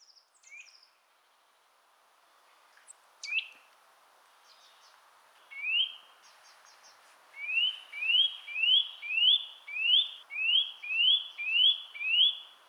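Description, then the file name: Eurasian nuthatch calls: scattered short notes at first, then a steady series of about ten rising whistles delivered roughly twice per second. "Sitta europaea"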